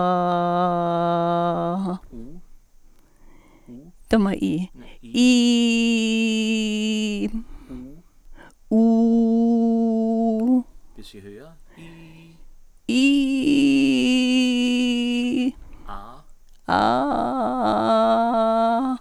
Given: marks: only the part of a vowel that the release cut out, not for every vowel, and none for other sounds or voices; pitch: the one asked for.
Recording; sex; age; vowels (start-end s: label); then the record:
sustained vowels; female; 70 to 79 years
0.00-1.49 s: vowel /a/, normal pitch
5.52-7.05 s: vowel /i/, normal pitch
8.83-10.25 s: vowel /u/, normal pitch
13.09-15.06 s: vowel /i/, high pitch
16.82-18.78 s: vowel /a/, high pitch
From the record:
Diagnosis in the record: recurrent laryngeal nerve paralysis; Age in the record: 73 years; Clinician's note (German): Alte, kompensiert